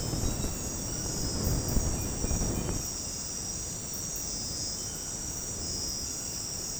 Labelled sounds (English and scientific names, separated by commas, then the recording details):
none
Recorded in dense forest near Puerto Asís, Putumayo, Colombia, on 20 February 2024 at 01:00
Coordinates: 0.486, -76.316
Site G6437